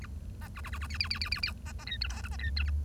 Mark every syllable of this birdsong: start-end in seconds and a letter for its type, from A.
0.02-0.06 A, 0.41-0.48 B, 0.56-0.61 C, 0.64-0.70 C, 0.72-0.78 C, 0.81-0.87 C, 0.90-0.97 D, 1.00-1.08 D, 1.10-1.19 D, 1.21-1.29 D, 1.31-1.41 D, 1.43-1.53 D, 1.66-1.72 B, 1.79-1.84 B, 1.86-1.97 E, 2.01-2.07 F, 2.10-2.21 G, 2.24-2.28 H, 2.31-2.36 B, 2.39-2.50 E, 2.56-2.63 F, 2.66-2.70 A